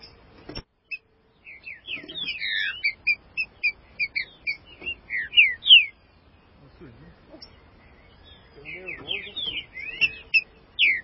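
Green-winged saltator song, a rapid, dense series of short slurred whistled notes, rising to louder phrases, then quieter chatter and a final burst.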